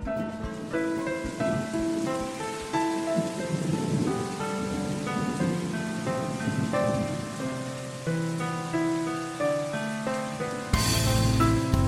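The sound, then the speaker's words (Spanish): Steady rain patters continuously with a low rumble underneath, while sustained melodic tones drift over it; the downpour swells into a louder, hissing burst in the final second. “Y corren al coche, resbalando y tropezando, a refugiarse de la lluvia.”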